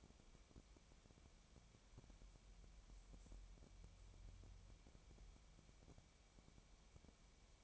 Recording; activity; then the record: daily activity, microphone in the room; wipe stove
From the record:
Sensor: 1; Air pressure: 1000.6 hPa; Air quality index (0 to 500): 184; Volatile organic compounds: 4 ppm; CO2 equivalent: 1700 ppm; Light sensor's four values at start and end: 12/28/12/14 and 12/28/12/14